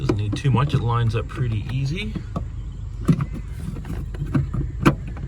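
Someone talks while wiggling the plastic rear light unit holding the bulb carrier of a Porsche Boxster 986 back into its opening in the car body, with brief plastic knocks around 3.1, 3.2 and 4.3 seconds. The clip ends before the unit goes home, and nothing has seated or clicked yet.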